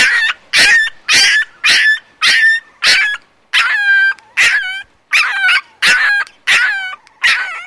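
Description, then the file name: Dog giving sharp, high yips roughly every half second, some ending in a short whining tail, a steady insistent series. "Canine"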